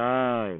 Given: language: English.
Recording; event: throat vibration sensor signal played as sound; speech